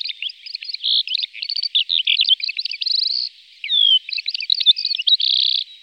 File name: calandria